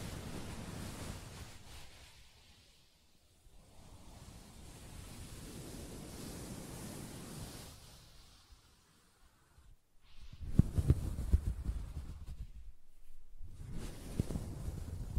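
Soft scratching on a fabric surface comes in long, hushed swells of rough, airy noise, with short near-silent pauses around 3, 10 and 13 seconds. After about 10 seconds the rubbing turns louder and denser, with a few sharp taps poking through.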